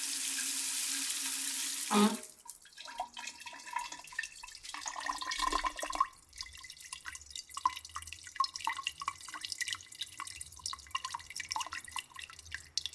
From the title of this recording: BeachShowerWaterDraining